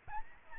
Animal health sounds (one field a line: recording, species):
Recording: mosquito wingbeat signal from an infrared sensor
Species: Aedes albopictus